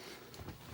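A magnetic softbox adapter, with its lock released, is brought to a flash head mount and pulled home by its magnets. A short snap is heard at 0.3 s over a low background, and the adapter seats on the mount.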